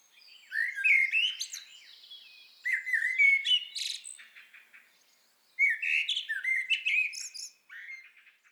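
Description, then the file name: Eurasian blackbird song of a few phrases with quiet gaps, each opening with low warbled whistles and ending in high, thin squeaky twitters. "Turdus merula"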